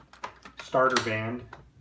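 A plastic ink cartridge is handled at the cartridge bay of a clogged Epson P600 printer after its starter band is removed, giving a few light taps and knocks between 0.1 and 0.6 s. Someone then talks briefly. The cartridge has not seated or snapped home yet.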